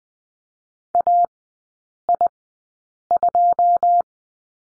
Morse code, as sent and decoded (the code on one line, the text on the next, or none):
.- .. ..---
AI2